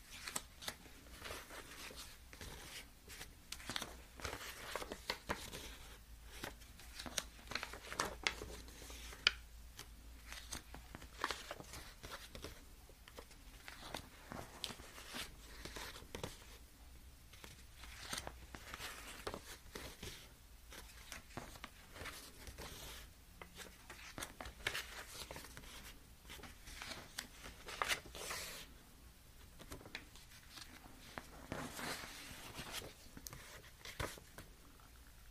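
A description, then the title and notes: Cash being sorted, counted and spread out: a dense, continuous run of crisp paper rustles, flicks and crinkles with no pauses across the whole stretch. The handling comes in uneven bursts, some brighter and busier than others, over a low steady hum. Cash sorting, counting, spreading.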